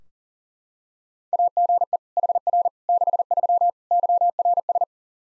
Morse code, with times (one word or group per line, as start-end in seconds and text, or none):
1.3-2.0 AGE
2.2-2.7 HR
2.9-3.7 63
3.9-4.8 YRS